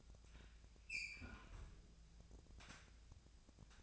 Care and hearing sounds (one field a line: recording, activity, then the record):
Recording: daily activity, microphone in the room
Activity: close fridge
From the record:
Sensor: 2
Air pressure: 999.9 hPa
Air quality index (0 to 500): 124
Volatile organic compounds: 2 ppm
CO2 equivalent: 1063 ppm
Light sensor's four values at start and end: 32/80/34/38 and 32/81/34/38